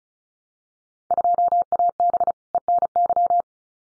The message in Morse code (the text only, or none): 2AB ENY